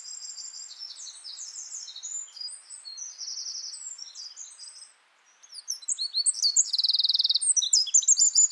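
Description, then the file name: Eurasian wren singing two bursts of shrill, tumbling notes separated by a brief pause, the second phrase holding a fast rattling trill. "Troglodytes troglodytes"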